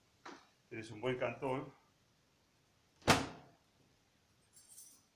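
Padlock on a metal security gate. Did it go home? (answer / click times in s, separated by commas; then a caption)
yes / 3.1 s. A padlock on a metal security gate is snapped shut as the gate is closed and locked to keep anyone from getting in. Someone talks, then a sharp metallic snap at 3.1 s marks the padlock seating, followed by faint rattling. The lock closes securely.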